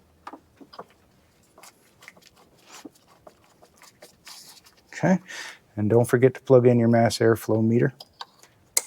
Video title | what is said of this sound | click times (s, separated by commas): Honda CRV transmission fluid AND FILTER change (super detailed step by step DIY guide) | Hear that satisfying click? | 8.8 s